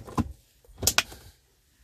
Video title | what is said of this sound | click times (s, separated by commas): BMW 3 SERIES E46 DRINKS HOLDER INSTALL1999 to 2006 | right there you go there's one little click and then for the rear | 0.9 s, 1.0 s